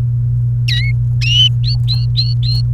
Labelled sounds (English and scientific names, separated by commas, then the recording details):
Domestic Canary (Serinus canaria) song
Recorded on 29 April 2018 at 12:21
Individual llb3